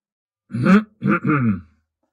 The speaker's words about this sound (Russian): Он прочистил горло.